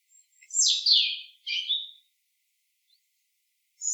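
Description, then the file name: European robin song, a high cascading phrase of tumbling notes followed by a briefer second phrase, then quiet before another phrase begins. "Erithacus rubecula"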